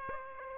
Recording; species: mosquito wingbeat signal from an infrared sensor; Aedes aegypti